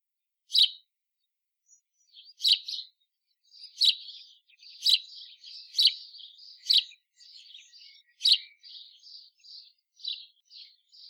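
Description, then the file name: House sparrow calling with a run of emphatic chirps that blend into a steady stream of softer twittering notes. "Passer domesticus"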